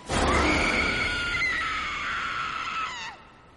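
A single long, high-pitched scream of terror rings out in a village on a moonlit night, sustained for about three seconds, wavering slightly before trailing off abruptly, heard alone with no talking.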